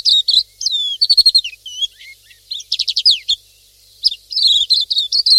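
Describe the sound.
Pleci silvereye giving varied high chirps: sweeping slurred notes, a quick buzzy rattle of rapid notes, then more twittering after a pause.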